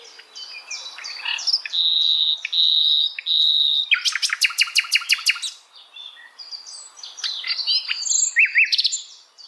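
Bird song: sustained high whistles and chirps, then a fast clicking rattle, followed by more varied twittering.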